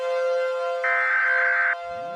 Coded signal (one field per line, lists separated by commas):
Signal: Emergency Alert System (SAME) tones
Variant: header bursts